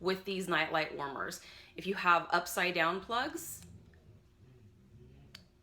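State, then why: Seated. Someone talks while turning the swivelling wall plug on a plastic plug-in Scentsy nightlight wax warmer to a new orientation. After the talking stops, a sharp click at 5.4 s marks the plug detenting into place so it doesn't move around.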